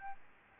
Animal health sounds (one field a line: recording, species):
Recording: mosquito wingbeat signal from an infrared sensor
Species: Aedes albopictus